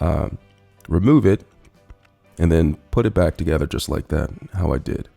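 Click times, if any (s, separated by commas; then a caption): none. Someone talks while handling a spring-button handle pole section of a Swiffer XL Dry and Wet floor sweeper, removing it and putting it back together with the adjoining pole section. A few faint, brief ticks come in the pause around 1.6–2.1 s, but the clip ends before the section goes home, and nothing has seated or clicked yet.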